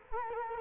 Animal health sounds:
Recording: mosquito wingbeat signal from an infrared sensor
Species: Culex quinquefasciatus

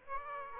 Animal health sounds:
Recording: mosquito wingbeat signal from an infrared sensor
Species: Aedes aegypti

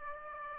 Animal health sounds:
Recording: mosquito wingbeat signal from an infrared sensor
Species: Aedes aegypti

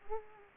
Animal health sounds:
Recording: mosquito wingbeat signal from an infrared sensor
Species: Culex quinquefasciatus

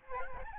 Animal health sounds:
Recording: mosquito wingbeat signal from an infrared sensor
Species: Aedes albopictus

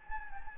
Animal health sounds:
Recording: mosquito wingbeat signal from an infrared sensor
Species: Anopheles gambiae

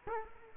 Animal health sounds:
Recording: mosquito wingbeat signal from an infrared sensor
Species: Culex quinquefasciatus

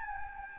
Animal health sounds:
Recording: mosquito wingbeat signal from an infrared sensor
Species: Anopheles gambiae

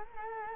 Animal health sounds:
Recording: mosquito wingbeat signal from an infrared sensor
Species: Culex quinquefasciatus

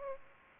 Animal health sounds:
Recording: mosquito wingbeat signal from an infrared sensor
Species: Aedes aegypti

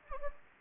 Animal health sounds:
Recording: mosquito wingbeat signal from an infrared sensor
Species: Anopheles gambiae

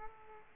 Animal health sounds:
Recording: mosquito wingbeat signal from an infrared sensor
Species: Aedes aegypti

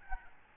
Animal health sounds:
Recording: mosquito wingbeat signal from an infrared sensor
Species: Aedes albopictus

